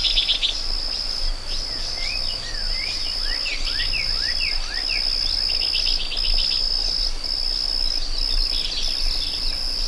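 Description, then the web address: Cricket: a steady high-pitched trill carries through, interrupted by short gaps, while birds chirp in quick slurred notes in the first half. Meadow ambience with birds and crickets. "Dr Sound Effects. A Meadow With Birds and Crickets"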